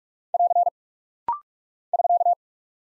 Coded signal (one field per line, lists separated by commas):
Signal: Morse code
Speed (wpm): 45 wpm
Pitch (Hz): 700 Hz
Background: none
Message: <AR> <SK>